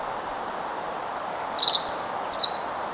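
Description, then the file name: European robin song: a faint high note, then a second-long run of thin, rapid, high trills and twittering notes falling in pitch at the end. "Erithacus rubecula"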